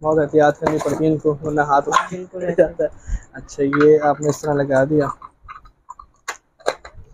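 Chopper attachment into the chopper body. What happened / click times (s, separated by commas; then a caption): Parts handled and positioned, not yet locked home / none. Someone talks while fitting a chopper attachment into the body of a handheld kitchen meat chopper, and near the end a few short knocks and taps of handling are heard. The clip ends before the part goes home, so nothing has seated or clicked yet.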